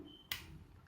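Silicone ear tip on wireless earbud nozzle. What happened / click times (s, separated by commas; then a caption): The ear tip snapped off the nozzle / 0.3 s. A silicone ear tip is pulled off the nozzle of a wireless earbud after its sleeve is flipped up. A sharp snap at 0.3 s marks the tip coming free, and quiet handling noise follows.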